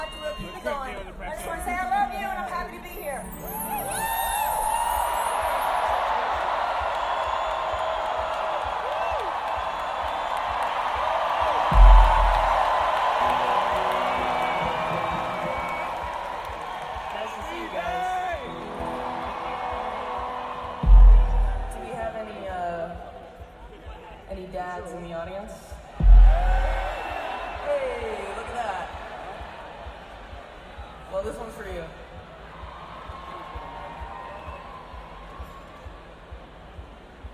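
A walk through Glastonbury Festival, full of a dense crowd murmur and overlapping chatter that swells through the middle. Voices rise and fall, with a whoop here and there, and three sharp thumps land around 12, 21 and 26 seconds before the chatter thins toward the end.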